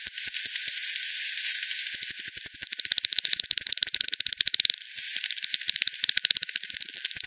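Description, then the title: Bats giving echolocation pulses, heard as dry rapid ticks in dense irregular trains, now and then crowding into quick buzzy runs. Multiple bats at Hogsmill River by Hogsmill Lane, 7 October 2020 at 18:10; frequency-division bat detector recording (FD10), band-pass filtered and resampled. "WW bat 20201007 T 18 : 10 Z-Hogsmill-Lane-Hogsmill-River-multiple-bats"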